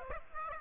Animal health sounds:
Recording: mosquito wingbeat signal from an infrared sensor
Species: Aedes aegypti

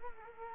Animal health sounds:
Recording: mosquito wingbeat signal from an infrared sensor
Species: Culex quinquefasciatus

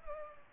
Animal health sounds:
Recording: mosquito wingbeat signal from an infrared sensor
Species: Culex pipiens

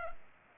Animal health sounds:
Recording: mosquito wingbeat signal from an infrared sensor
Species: Culex pipiens

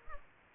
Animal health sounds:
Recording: mosquito wingbeat signal from an infrared sensor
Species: Aedes aegypti

